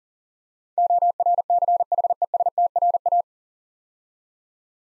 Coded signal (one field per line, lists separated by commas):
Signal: Morse code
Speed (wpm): 43 wpm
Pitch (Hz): 700 Hz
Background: none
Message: ORCHESTRA